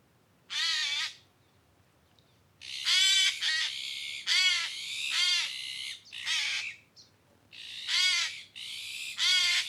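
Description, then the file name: Eurasian jay screeching loudly and harshly, with rasping calls in quick succession, some doubled, filling most. "Garrulus glandarius"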